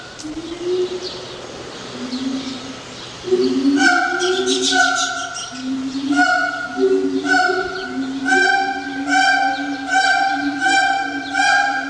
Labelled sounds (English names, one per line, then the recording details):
Siamang song
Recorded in captivity
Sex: pair
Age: adult
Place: Zoo Berlin, Berlin, DE
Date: 1987-07-02
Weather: sunny, 20°C
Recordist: Tembrock, Günter